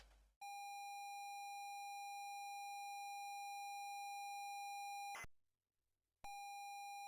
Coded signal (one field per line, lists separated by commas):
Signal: ZX Spectrum tape loading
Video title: ZX Spectrum MIA Preview / Episode 4 / Variety Pack - Q.E.D. Systems (Riko Data)